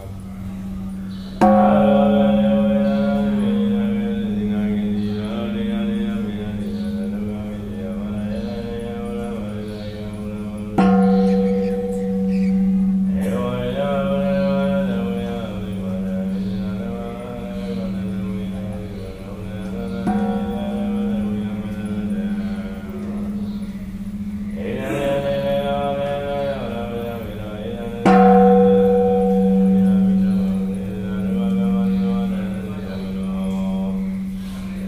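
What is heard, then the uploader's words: Deep, ringing gongs or bells at a pagoda, struck about every ten seconds: near 1.5, 11, 20, 25 and 28 seconds. Each strike blooms into a long, wavering hum that slowly fades under the next. A low, steady drone holds underneath throughout. Shwedagon Pagoda - Yangoon - timelapse from 4 am to 8am.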